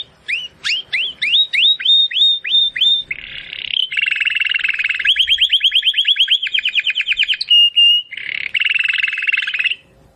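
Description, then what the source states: Domestic canary song with a string of repeated upswept whistles, dense buzzy trills, a run of rapid rolling notes, a steady pure tone and one more trill. Belgian canary of the Campainha type, singing.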